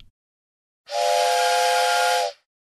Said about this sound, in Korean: 지금 인천, 인천행 열차가 들어오고 있습니다. 손님 여러분께서는 한 걸음 물러서 주시기 바랍니다. 이걸 타면 동대문 운동장에 갈 수 있어요? 아니요. 이건 1호선이니까 신설동에서 2호선으로 갈아타세요.